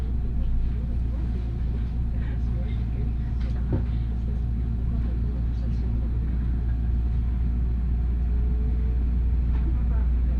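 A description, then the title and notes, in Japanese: A train ride on the Osaka Monorail toward Osaka Airport, with a steady, heavy low rumble filling the whole clip. Faint voices murmur underneath, and a thin tone holds steady throughout while another rises briefly near the end. 鉄道旅 大物→梅田→蛍池→大阪空港。蛍池で大阪モノレールに乗り換えて１駅先の大阪空港へと向かいます。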